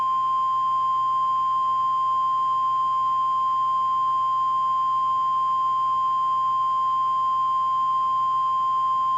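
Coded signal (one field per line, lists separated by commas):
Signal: Emergency Alert System (SAME) tones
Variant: 1050 Hz attention tone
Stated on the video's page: Fictional mock alert.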